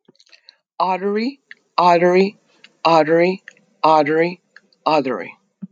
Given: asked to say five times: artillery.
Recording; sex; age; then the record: repeated word; male; 40 to 49 years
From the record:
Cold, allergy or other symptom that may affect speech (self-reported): no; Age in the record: 49 years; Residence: New Jersey, United States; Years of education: 12